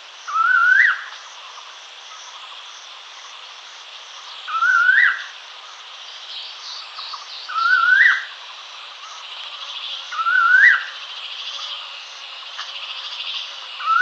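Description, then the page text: Collared laughingthrush calling in repeated rising whistled phrases, each ending in a brief twist, roughly every three seconds, against a continuous high buzzing background. "Collared Laughingthrush Call. Quick Sounds"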